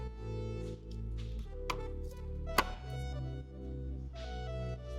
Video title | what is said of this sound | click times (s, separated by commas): What does a 1 owner E30 look like in 2025? | Snaps right into place, beautiful. Nice. | 1.7 s, 2.6 s